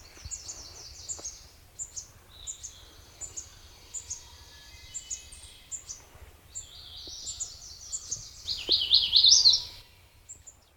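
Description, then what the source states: Magnolia warbler song: short, high phrases of a few slurred notes, repeated several times, louder toward the end. Recorded 9 June 2002; three songs.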